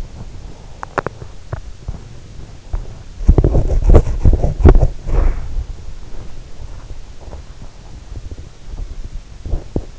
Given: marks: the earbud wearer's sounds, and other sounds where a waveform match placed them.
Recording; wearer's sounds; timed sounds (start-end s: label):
sounds in sleep by an in-ear microphone; swallowing, teeth grinding
0.00-1.81 s: swallowing
3.00-6.95 s: teeth grinding
9.30-9.99 s: teeth grinding